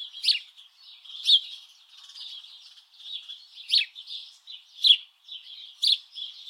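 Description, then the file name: House Sparrow chirps, sharp loud notes at uneven intervals with softer chattering filling the gaps. "Passer domesticus"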